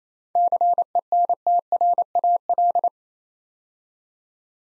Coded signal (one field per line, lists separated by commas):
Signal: Morse code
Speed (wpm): 27 wpm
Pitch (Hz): 700 Hz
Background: none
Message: CENTRAL